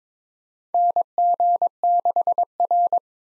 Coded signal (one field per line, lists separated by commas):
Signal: Morse code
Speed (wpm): 22 wpm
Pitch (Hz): 700 Hz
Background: none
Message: NG6R